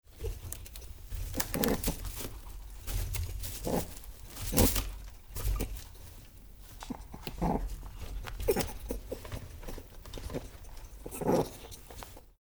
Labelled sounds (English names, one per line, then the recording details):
European Rabbit
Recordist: Frommolt, Karl-Heinz
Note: Abwehrlaute